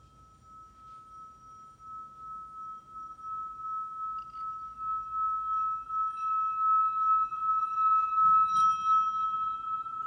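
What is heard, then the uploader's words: A healing bowl rings with one pure, steady tone that holds unbroken for the whole ten seconds, slowly swelling louder with a gentle wavering pulse. Faint higher overtones shimmer above it, brightening near the end, with a soft low rumble underneath. HEALING BOWLS FOR LAKE COUNTY.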